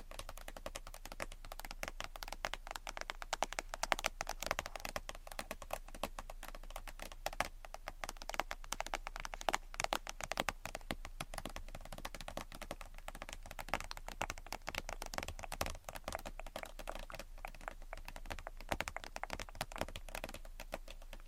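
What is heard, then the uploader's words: Tapping and scratching run without pause for the whole stretch: a dense, irregular patter of sharp, bright clicks and scrapes with no quiet gaps, a few taps landing harder than the rest. A steady low hum sits underneath throughout. Tapping & Scratching.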